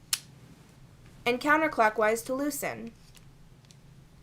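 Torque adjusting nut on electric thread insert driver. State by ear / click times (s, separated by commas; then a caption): seated / 3.7 s. Someone talks as the sleeve is pulled back and the torque adjusting nut on the front of an electric thread insert prewinder driver for tangless and Helicoil inserts is turned. The nut clicks into its detent, which locks it in place every half turn, with two small clicks at 3.6 and 3.7 seconds, and the nut is seated.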